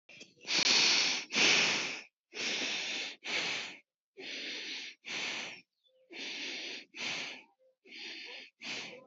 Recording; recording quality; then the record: shallow breathing; excellent, no background noise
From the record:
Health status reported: healthy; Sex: male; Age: 25 years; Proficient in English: yes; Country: India